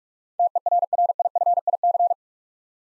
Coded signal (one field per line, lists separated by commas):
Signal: Morse code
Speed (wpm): 42 wpm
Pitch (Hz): 700 Hz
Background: none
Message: TERRIFIC